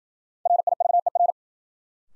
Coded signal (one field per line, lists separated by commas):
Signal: Morse code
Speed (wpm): 51 wpm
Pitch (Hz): 700 Hz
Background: none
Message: RIVER